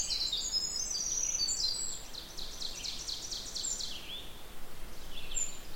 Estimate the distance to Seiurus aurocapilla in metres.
about 50 m